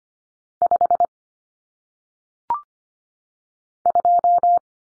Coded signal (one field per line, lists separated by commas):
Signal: Morse code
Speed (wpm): 25 wpm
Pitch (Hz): 700 Hz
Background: none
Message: 5 2